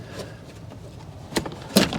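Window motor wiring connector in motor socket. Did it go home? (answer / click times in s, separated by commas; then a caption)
released / 1.8 s. Someone squeezes the plastic snap on the electrical connector of the rear window regulator motor in a 2002–2006 Acura MDX, working it loose from the motor socket. Softer plastic ticks come around 1.4–1.5 s, then the connector lets go with a sharp click at 1.8 s and is unplugged.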